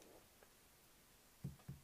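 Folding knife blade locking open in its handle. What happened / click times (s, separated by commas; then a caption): The blade is handled but not yet locked; two low knocks near the end could be mistaken for the lock / none. A CRKT Buku folding knife is handled with its blade being swung open toward its locked position in the handle. Faint light ticks are followed by two short low thumps at about 1.5 and 1.7 seconds. Nothing has seated or clicked yet; the blade lock has not engaged.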